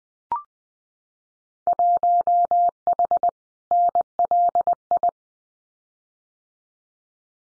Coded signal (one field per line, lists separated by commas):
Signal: Morse code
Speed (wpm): 20 wpm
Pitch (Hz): 700 Hz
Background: none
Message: 1H NLI